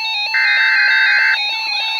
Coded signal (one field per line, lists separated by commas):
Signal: Emergency Alert System (SAME) tones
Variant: header bursts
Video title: EXTREMELY RARE x7 HEADERS... (YOUTUBE FIRST) EAS #117 - 123 WHY ENVIRONMENT CANADA